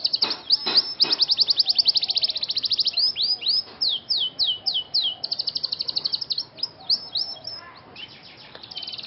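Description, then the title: Scotch Fancy canary song of fast rattling trills and looping downward-sweeping whistles. Scotch Fancy canary singing actively (gacor) in an elaborate cengkok mewah (luxurious melodic phrasing) song style. "Cengkok Kenari Mewah. KENARI SCOTCH FANCY GACOR CENGKOK MEWAH"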